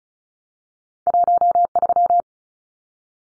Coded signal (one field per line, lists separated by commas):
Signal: Morse code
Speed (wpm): 34 wpm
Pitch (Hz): 700 Hz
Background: none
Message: 13